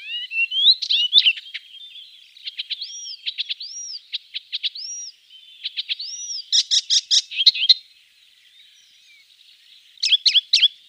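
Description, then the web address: Icterine warbler song with repeated arched whistles, dry buzzy rattles and short chatters, broken by brief pauses and a quieter stretch near the end. "Schulze Peter Icterine Warbler song"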